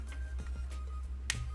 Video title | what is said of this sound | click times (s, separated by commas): 🔴 Building The LEGO CITY Freight Train (60336) Live! | of course is entirely satisfying clicking these in | 1.3 s